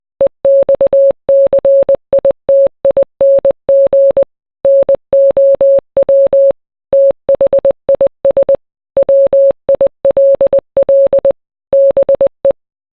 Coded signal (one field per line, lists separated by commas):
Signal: Morse code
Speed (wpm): 20 wpm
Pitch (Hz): 550 Hz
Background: none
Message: EXCITING NOW THIS WILL BE